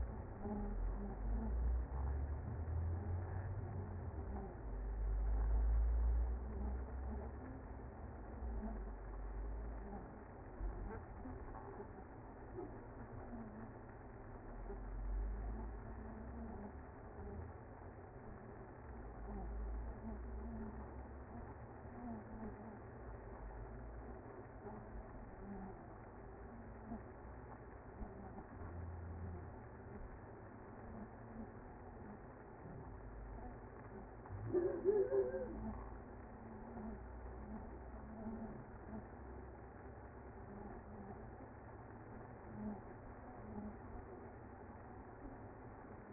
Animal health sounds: honeybee colony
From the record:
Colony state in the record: active

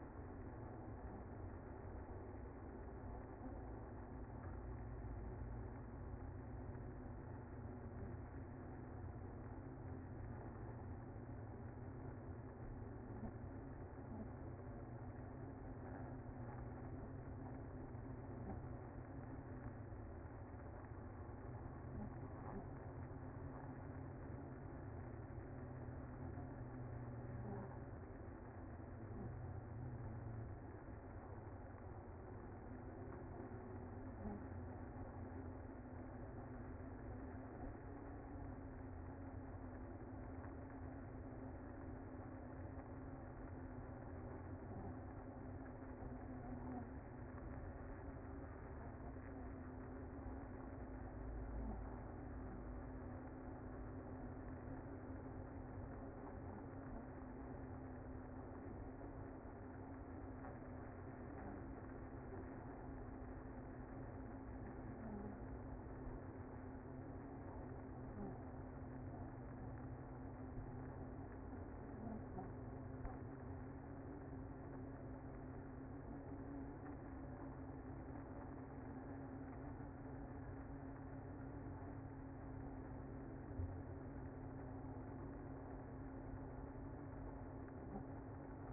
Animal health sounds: honeybee colony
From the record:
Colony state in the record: active

